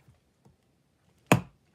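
A hand eyelet punch is pressed with force to close a metal eyelet through a paper journal cover. A couple of faint soft taps are followed by one sharp, loud snap at 1.3 s that rings briefly and fades. The eyelet snaps closed in the punch and is seated and secured.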